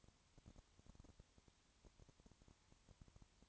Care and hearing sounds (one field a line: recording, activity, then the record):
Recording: daily activity, microphone in the room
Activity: no activity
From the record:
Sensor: 3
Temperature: 20.5 degrees Celsius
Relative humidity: 34.6%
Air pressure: 1001.0 hPa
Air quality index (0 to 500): 195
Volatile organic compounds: 6 ppm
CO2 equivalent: 1859 ppm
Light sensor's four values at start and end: 2/3/2/2 and 2/3/2/2